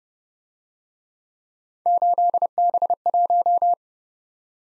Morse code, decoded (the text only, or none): 8B1